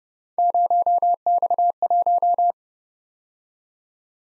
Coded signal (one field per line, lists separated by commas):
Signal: Morse code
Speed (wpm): 29 wpm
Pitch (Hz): 700 Hz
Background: none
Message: 0X1